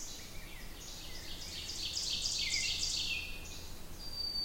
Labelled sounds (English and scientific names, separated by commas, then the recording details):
Ovenbird (Seiurus aurocapilla) song
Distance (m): 50 m
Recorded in boreal forest in Alberta, Canada, on 27 June 2016 at 07:56
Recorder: SongMeter 3, array SBT-6-79
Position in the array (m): 50 m, 130 m
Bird 40